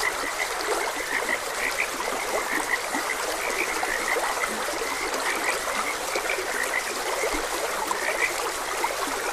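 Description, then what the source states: Frogs croaking together in an unbroken stream of brief high notes, with trickling water hissing in the background. Frogs croaking beside a gentle stream.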